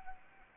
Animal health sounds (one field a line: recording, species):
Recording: mosquito wingbeat signal from an infrared sensor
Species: Anopheles arabiensis